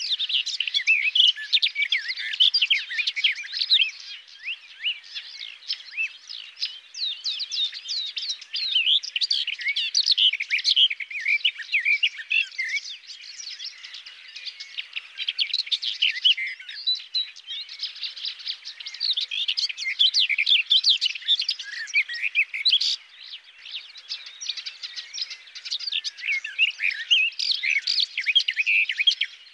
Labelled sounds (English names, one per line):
Garden Warbler song